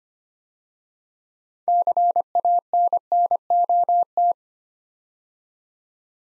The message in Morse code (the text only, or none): CANNOT